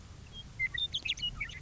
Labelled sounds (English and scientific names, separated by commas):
Western Meadowlark (Sturnella neglecta)